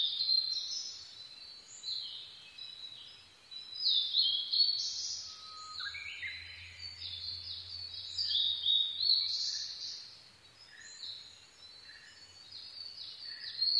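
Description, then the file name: Blue-and-white flycatcher song: bright whistled phrases with harsher, buzzy endings, repeated every few seconds, with a faint low hum in the background. Recorded 22 May 2011 at 04:34. "ooruri-20110522-0434"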